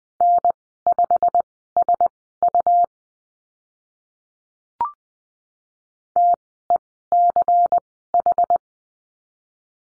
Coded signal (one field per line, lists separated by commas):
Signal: Morse code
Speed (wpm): 20 wpm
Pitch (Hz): 700 Hz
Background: none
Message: N5SU TECH